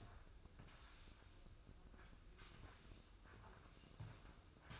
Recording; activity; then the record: daily activity, microphone in the room; sweep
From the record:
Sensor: 2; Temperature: 24.2 degrees Celsius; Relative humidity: 31.4%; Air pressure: 995.8 hPa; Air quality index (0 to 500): 93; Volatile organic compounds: 5 ppm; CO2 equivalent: 1716 ppm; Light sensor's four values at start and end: 26/80/32/31 and 26/81/32/31